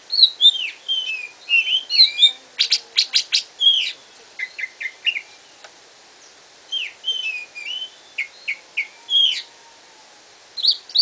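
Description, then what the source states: Greater green leafbird singing a lively mix of slurred whistles and warbles, broken by a rapid rattle of dry clicks, then short downslurred phrases repeated several times. Cage bird; masteran training song used to teach cage birds; gacor singing style.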